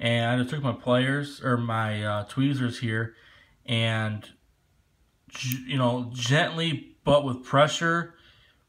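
A metal e-clip is pressed gently but firmly with tweezers onto the steering knuckle pin of a rebuilt RC truck while someone talks throughout. Speech fills the clip with short pauses, and no distinct click stands out. The clip ends just before the part goes home, and nothing has seated or clicked yet.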